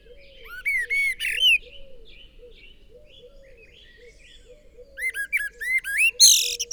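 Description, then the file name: Common blackbird phrases of rising fluty whistles ending in squeaky, scratchy twitters, heard twice, with a steady low repeated hooting note underneath throughout. "Turdus merula"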